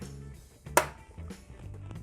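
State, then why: Seated. A seal is pushed by hand into its seat in the cylinder head of a Land Rover Td5 engine during head gasket replacement. A single sharp click at 0.8 s rises well above a low background hum, with a few faint knocks around it, as the seal seats.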